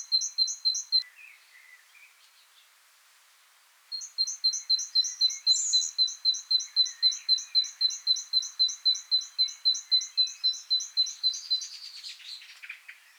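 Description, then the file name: Great tit song, fast ringing two-note phrases repeated steadily for long runs, a short burst then a longer series, with faint other bird calls behind. "Parus major"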